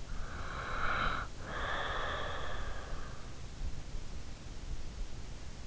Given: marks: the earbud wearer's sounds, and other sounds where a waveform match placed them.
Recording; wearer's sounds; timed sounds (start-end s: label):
sounds in sleep by an in-ear microphone; breath
0.04-3.01 s: breath